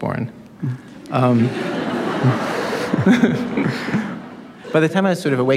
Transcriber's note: laughter